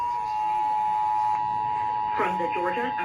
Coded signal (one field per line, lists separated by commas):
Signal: Emergency Alert System (SAME) tones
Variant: 853 and 960 Hz attention tone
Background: speech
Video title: LOTS OF TESTS| EAS #306-316